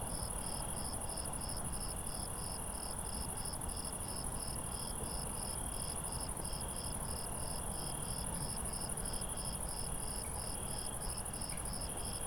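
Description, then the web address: Crickets calling together: rapid chirps, roughly three each second, over a continuous very high shrill trill, with a soft low background hum throughout. Crickets at night. "IRL Recorded Night Crickets"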